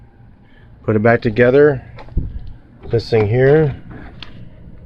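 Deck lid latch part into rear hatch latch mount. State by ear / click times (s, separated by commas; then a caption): seated / 4.2 s. A part of a Jetta SportWagen hatch (deck lid) latch assembly is pushed into its mount in the rear hatch. Someone talks, then a sharp, loud click at 4.2 seconds marks the part snapping into place.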